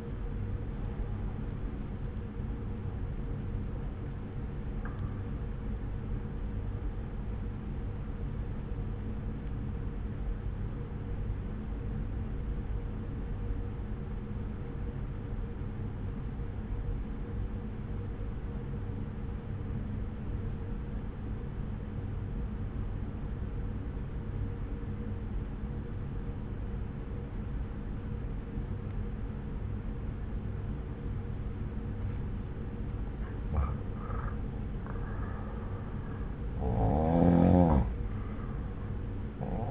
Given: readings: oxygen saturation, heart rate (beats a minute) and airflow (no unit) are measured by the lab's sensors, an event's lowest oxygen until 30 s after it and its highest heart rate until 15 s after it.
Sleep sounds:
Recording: breathing in sleep by a smartphone at the bedside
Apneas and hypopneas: 1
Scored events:
9.00-34.20 s: obstructive apnea (N1, oxygen 96% highest, then 90% lowest)
20.00-39.71 s: new sleep stage, N2 (light sleep)
From the record:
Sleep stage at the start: N1 (lightest sleep)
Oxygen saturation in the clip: 86 to 96%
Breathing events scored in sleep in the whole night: 303 in 8.1 hours asleep

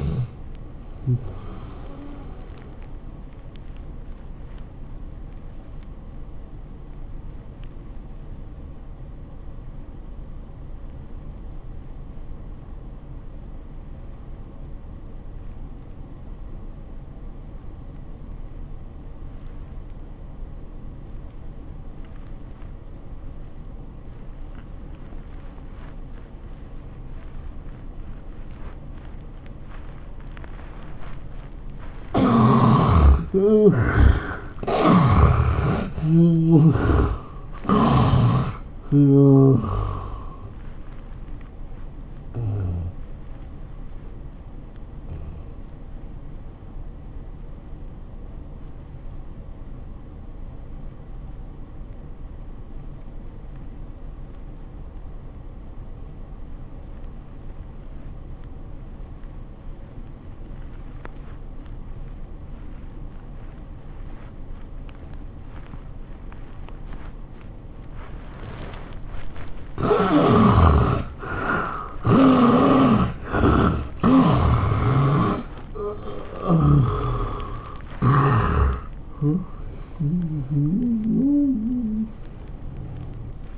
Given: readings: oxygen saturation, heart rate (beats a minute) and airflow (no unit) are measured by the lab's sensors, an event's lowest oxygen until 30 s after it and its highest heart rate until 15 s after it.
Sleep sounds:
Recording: breathing in sleep by a smartphone at the bedside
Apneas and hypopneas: 2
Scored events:
8.00-32.80 s: obstructive apnea (N1, oxygen 95% highest, then 71% lowest, heart rate 75 at the start, 102 highest)
47.00-70.60 s: obstructive apnea (N1, oxygen 92% highest, then 69% lowest, heart rate 74 at the start, 103 highest)
82.00-83.58 s: new sleep stage, awake
From the record:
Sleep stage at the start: N1 (lightest sleep)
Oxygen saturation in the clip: 71 to 95%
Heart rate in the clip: 72 to 103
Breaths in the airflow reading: 11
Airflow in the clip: -18.0 to 11.7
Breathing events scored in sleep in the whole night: 403 in 5.5 hours asleep

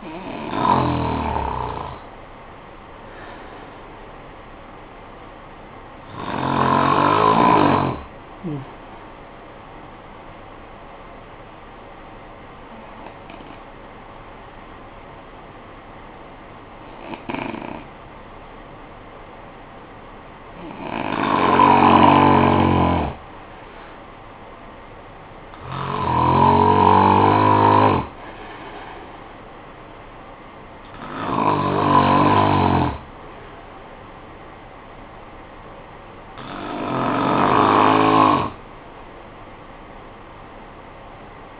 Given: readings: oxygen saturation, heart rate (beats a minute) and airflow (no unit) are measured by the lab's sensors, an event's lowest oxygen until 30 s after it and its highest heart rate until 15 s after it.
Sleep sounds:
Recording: breathing in sleep by a voice recorder at the bedside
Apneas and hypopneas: 1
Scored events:
9.00-22.00 s: hypopnea (N2, oxygen 94% highest, then 89% lowest, heart rate 53 at the start, 61 highest)
From the record:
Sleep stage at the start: N2 (light sleep)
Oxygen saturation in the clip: 89 to 96%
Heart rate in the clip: 51 to 61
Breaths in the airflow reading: 8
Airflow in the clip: -14.1 to 6.4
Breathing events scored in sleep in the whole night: 445 in 7.6 hours asleep

